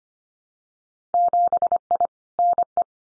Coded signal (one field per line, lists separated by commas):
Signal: Morse code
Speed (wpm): 25 wpm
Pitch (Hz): 700 Hz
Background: none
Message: 7I NE